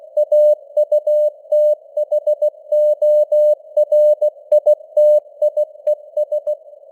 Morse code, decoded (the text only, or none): AUTHORITIES